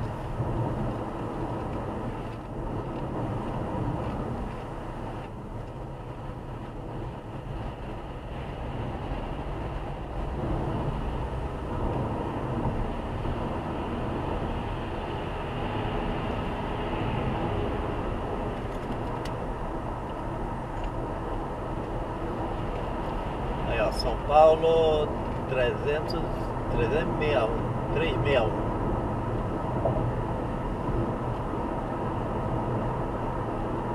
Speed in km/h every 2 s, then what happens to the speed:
83, 82, 81, 82, 82, 84, 90, 93, 94, 92, 91, 92, 94, 95, 95, 96, 92.
0-9 steady at about 82. 9-14 speeds up to 93. 14-34 steady at about 93.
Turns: none.